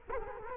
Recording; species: mosquito wingbeat signal from an infrared sensor; Culex quinquefasciatus